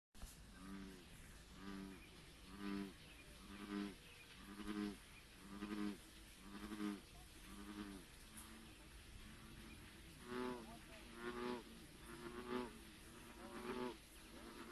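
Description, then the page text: American bullfrog giving a run of low, booming croaks roughly one per second, then a short pause and a second run of four more, with constant background hiss. Maryland. "Maryland Biodiversity. American Bullfrog ( Lithobates catesbeianus )"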